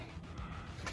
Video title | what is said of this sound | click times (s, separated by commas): Step-by-Step EFI to Carb Swap - ‘90 Ford Mustang GT Foxbody | These popped right in, no pressure | 0.9 s